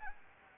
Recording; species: mosquito wingbeat signal from an infrared sensor; Anopheles gambiae